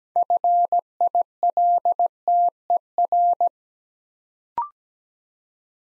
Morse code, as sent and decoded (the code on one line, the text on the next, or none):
..-. .. .-.. - . .-.
FILTER